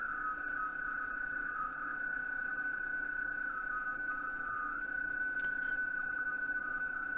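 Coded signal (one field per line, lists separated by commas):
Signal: PSK31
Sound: a steady warbling single tone near 1.5 kHz over hiss, continuous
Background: radio static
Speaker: stand by for our princes response it might take a while chris is using a different setup [Music] we've got hello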